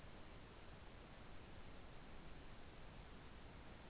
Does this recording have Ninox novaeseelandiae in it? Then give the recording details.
no. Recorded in New Zealand. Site Taranaki